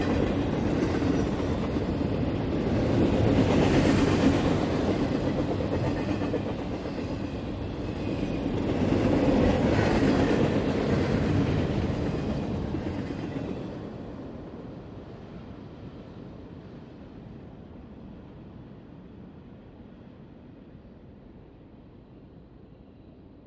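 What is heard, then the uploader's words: A freight train rumbles past with a dense low roar and rattling cars, swelling near four and ten seconds, then fading. Westward Migrating BNSF. Ah, the mighty Westward BNSF Freight Train. Here we listen to it's mighty roar as it progresses on a westward migration. A rather more recent introduction to the Pacific Northwest soundscape. In this clip, a BNSF can be heard racing by at its full natural top-speed of almost 55 miles per hour.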